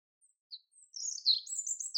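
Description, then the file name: European robin song fragment: a few faint high notes, then a brief thin, very high twittering run that shifts in pitch, ending abruptly. "Erithacus rubecula"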